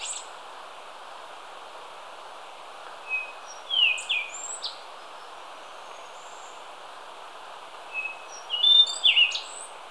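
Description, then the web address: Rufous-brown solitaire song: sparse, high thin whistles and slurred squeaky notes in two short phrases over a steady background hiss. Recorded in Ecuador. "Birds of Ecuador. Rufous-brown Solitaire"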